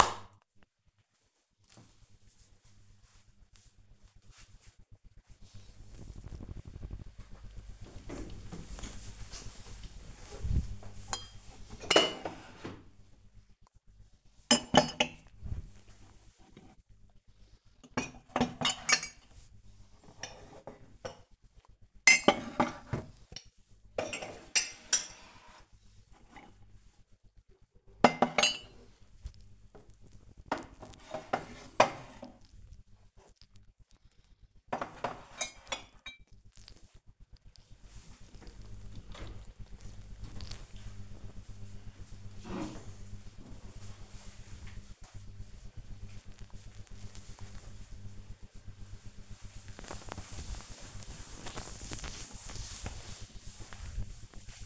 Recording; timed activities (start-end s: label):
household activities, microphone on the right wrist
6.59-39.73 s: putting away the dishes
46.78-54.66 s: cleaning table